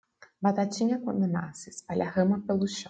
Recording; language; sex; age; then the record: short text; Brazilian Portuguese; female; 20 to 29 years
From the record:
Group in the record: control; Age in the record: 26 years